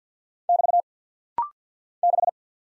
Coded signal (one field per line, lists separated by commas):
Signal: Morse code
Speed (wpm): 48 wpm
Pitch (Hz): 700 Hz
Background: none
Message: <BT> 6